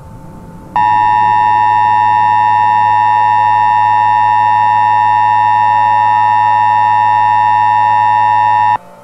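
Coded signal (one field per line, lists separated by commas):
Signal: Emergency Alert System (SAME) tones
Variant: 853 and 960 Hz attention tone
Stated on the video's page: Mock EAS alert, not a real broadcast.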